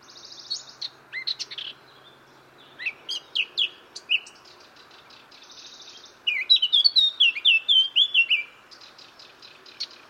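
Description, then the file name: Eurasian blackcap song: quiet scratchy twittering, then a loud, fluty whistled flourish, then softer chatter. "Sylvia atricapilla"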